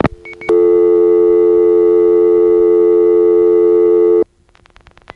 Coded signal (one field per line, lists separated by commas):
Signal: telephone call progress tone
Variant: North America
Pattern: dial tone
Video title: Evan Doorbell: Kennedy Airport Phone Trip